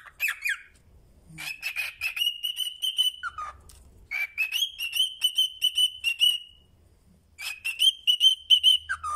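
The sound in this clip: Cockatiel whistling: long, steady, slightly rising whistles broken into pulsing runs, with brief downward notes and pauses between phrases.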